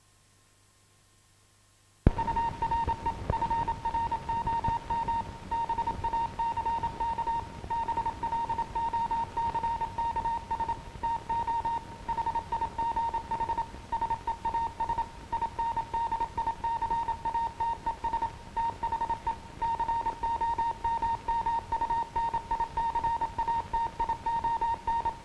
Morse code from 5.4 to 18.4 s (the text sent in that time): BACK BLOCKS TO HIGH SEAS INDICATES